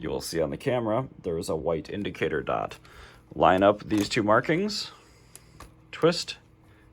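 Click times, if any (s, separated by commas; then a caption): none. Someone talks while an EF-S lens is lined up by its white indicator dot with the white dot on a Canon EOS 60D/70D/80D body's bayonet mount and twisted. A few brief handling ticks follow around 5.3–5.6 s. The lens has not yet clicked or seated into the mount.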